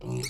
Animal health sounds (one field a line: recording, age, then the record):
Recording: pig call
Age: weaner (32 to 43 days)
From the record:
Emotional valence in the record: negative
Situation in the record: short isolation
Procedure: open field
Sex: female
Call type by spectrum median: low-frequency call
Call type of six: mixed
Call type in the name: high-frequency modulated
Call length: 0.29 s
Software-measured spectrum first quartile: 203 Hz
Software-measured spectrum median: 1008 Hz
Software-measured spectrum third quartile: 5334 Hz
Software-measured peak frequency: 136 Hz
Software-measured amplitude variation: 113 dB a second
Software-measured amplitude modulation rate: 30.6 a second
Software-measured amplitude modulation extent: 3.7 dB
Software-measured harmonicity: 5.1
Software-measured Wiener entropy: -4.33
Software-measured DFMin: 1383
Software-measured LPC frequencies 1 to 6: 300, 2208, 2686, 3925, 4443, 5356 Hz